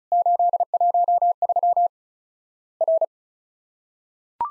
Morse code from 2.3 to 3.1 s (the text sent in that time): R